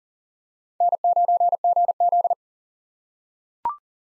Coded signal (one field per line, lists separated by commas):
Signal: Morse code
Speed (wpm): 40 wpm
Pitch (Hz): 700 Hz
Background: none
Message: N9GZ